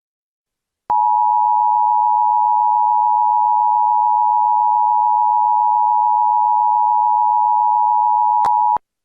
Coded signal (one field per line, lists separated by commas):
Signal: Emergency Alert System (SAME) tones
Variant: 853 and 960 Hz attention tone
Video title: EAS Scenario - Angga Daffa